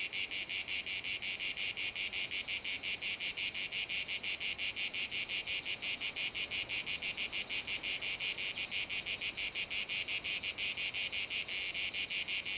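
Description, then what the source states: Cicada drone, pulsed at first, then merging into a denser, more continuous high buzz. Cicadas in a field at Domaine de la Sablière, Saint-Privat-de-Champclos, France; recorded with a Zoom H6 and M/S microphone.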